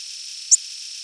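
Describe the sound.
Mourning warbler call: a single brief, high, sharp note over a steady background hiss.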